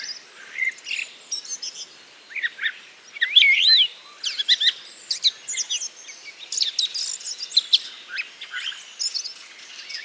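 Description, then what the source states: Redwing babbling subsong: varied high squeaks, fluty whistled slurs and scratchy twitters delivered in irregular bursts, one louder looping whistle in the first half. Solitary redwing giving babbling subsong (babil) in Bois du Puech; recorded with Telinga.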